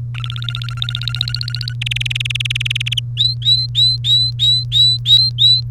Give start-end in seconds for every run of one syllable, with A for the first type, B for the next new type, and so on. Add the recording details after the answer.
0.14-1.74 A, 1.81-3.00 B, 3.17-5.61 C. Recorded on 30 April 2018 at 16:18. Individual llb3